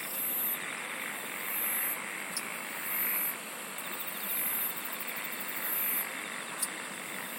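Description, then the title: Insects trilling: short sharp high buzzes repeat at regular intervals above a constant shrill tone and a broad steady hiss. "SINGING OF INSECTS"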